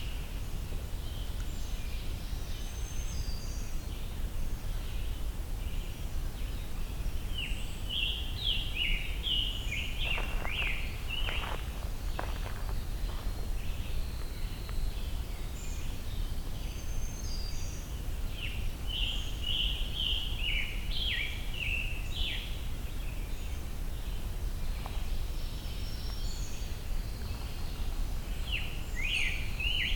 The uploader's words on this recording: A Sore Sounding Song (Scarlet Tanager). As the hike to Hector Falls continues, Scarlet Tanagers and many other songbird species are encountered.